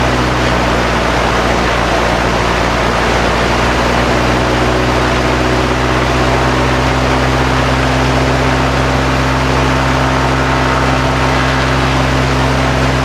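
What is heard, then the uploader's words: An Avro Anson engine runs at a steady, unchanging pitch, a dense droning roar with a low hum and a hissing upper wash throughout. Avro Anson Engine Run. Dave Homewood recorded a full engine run of the Reid family’s Avro Anson Mk.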